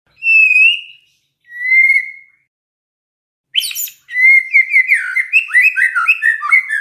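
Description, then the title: White-rumped shama gives two long clear whistles, then bursts into a rich, rapid warbling song of trills and slurred notes. White-rumped shama whistling song, meant to make lazy shamas start singing. "PANCINGAN MURAI BATU. SIULAN MURAI BATU❗ PANCINGAN MURAI MALAS AGAR BUNYI"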